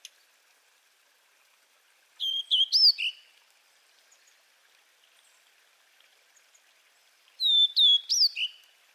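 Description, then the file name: Blue-and-white flycatcher song: two phrases of clear whistled notes, each ending with a lower note, separated by about four seconds of quiet. "cyanoptila cyanomelana twitter"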